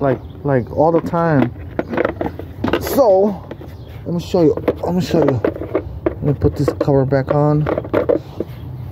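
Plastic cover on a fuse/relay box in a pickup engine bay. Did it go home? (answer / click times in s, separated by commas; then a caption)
no / none. Someone talks while a plastic cover for the fuse/relay box in a Toyota Tacoma pickup's engine bay is picked up and positioned, with a few short handling knocks. The cover has not snapped into place yet.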